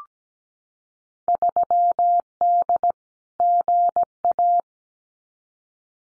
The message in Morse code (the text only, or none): 3D GA